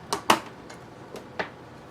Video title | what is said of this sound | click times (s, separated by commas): UGREEN PowerRoam 600W Portable Power Station and 100w Solar Panel Review! | and clicks back back into place and there are two stands one on this side and | 0.3 s